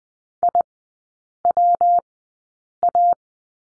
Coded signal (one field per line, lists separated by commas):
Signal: Morse code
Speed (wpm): 20 wpm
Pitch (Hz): 700 Hz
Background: none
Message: IWA